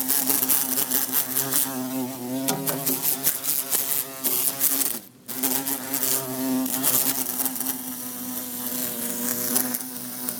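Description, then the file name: Bumblebee droning buzz with rapid tapping clicks, stopping abruptly for about half a second around the middle before resuming just as loud. Trying to escape through a closed window. "Bumblebee trying to escape thru closed window"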